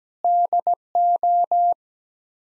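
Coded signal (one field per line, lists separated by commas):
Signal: Morse code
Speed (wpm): 17 wpm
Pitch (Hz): 700 Hz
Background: none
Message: DO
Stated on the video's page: Morse head-copy practice at 17 wpm: common seven-word groups, each sent in Morse, then spoken, then sent again.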